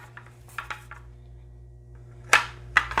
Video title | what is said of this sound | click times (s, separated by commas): HK53 Smokin! | snaps right in | 2.8 s